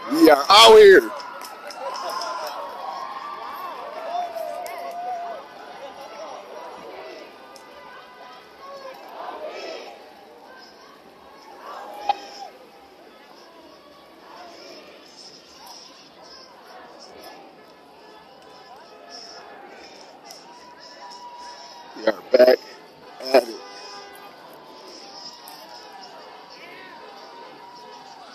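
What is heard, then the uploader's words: A protest in Niagara Square, Downtown Buffalo, opens with a loud burst of voices that fades into a lower, steady murmur of talk. Scattered shouts and sharp bangs stand out near 12 seconds and again around 22 to 23 seconds. Niagara Square Protest in Downtown Buffalo. Protest in response to Police Brutality in the City of Buffalo.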